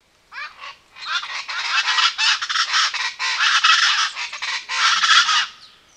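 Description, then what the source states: Bird calls in a dense run of harsh, honking, nasal notes, repeated in quick bursts for about five seconds, then stopping abruptly. Bird in a jungle forest.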